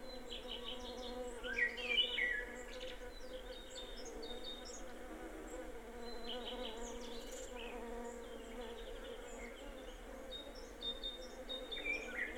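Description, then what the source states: Bee buzzing as a continuous droning hum beneath frequent bright bird chirps and short twittering calls. Bees in a garden, with birds.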